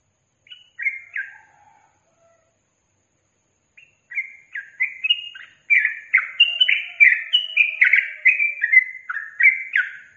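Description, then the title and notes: Yellow-vented bulbul song: a few spaced chirps, a pause, then an accelerating stream of bright, slurred notes building into continuous chatter. Tutor song for training captive birds, with tembakan and ropel song styles. "MASTERAN Trucukan Tembakan Dan Ropel. BURUNG TRUCUKAN"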